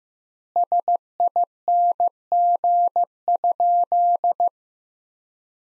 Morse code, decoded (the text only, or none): SING?